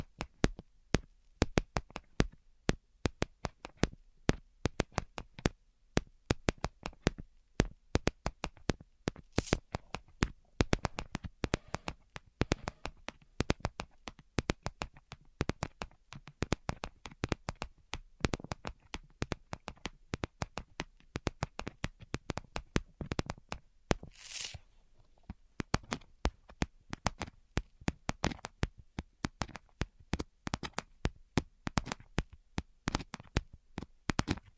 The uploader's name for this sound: Tapping Tingle Immunity Treatment (No Talking)